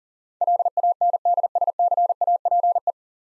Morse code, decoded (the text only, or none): LANDSCAPE